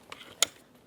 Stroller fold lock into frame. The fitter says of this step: 제대로 걸어 줘야지만 폴딩이 다 끝납니다 이렇게